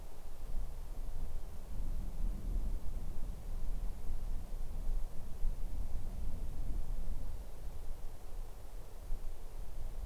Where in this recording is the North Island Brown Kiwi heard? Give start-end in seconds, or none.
none